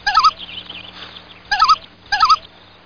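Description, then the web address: Bird calls: three rapid, gurgling, gobble-like bursts, the last two close together, over a steady low hum. "SOUNDLIB 2. bird"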